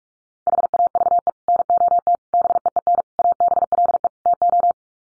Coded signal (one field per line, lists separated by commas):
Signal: Morse code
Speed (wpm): 44 wpm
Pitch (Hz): 700 Hz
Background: none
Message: HAVE NOT BEEN ABLE TO